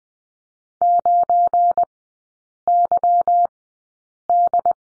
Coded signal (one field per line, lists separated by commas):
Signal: Morse code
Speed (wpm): 19 wpm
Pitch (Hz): 700 Hz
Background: none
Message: 9YD